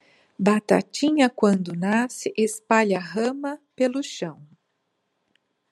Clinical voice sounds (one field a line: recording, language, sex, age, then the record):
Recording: short text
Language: Brazilian Portuguese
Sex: female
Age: 50 to 59 years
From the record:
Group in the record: control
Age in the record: 57 years